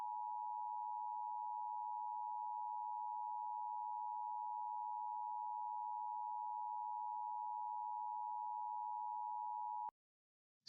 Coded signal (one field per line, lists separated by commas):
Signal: Emergency Alert System (SAME) tones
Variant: 853 and 960 Hz attention tone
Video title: LIVE AM/MW DX: DX Central Live - S. 4, Ep. 5 | Friday, February 9, 2024